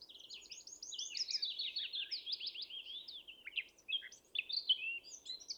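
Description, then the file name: Eurasian blackcap song, a continuous busy warble of scratchy twitters and clearer whistled notes, with a few louder accented phrases near the end. "Sylvia atricapilla"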